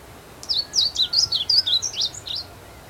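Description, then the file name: Blue seedeater song: a run of roughly nine thin, high slurred notes in about two seconds, with faint lower whistles underneath. "Amaurospiza concolor - Blue Seedeater"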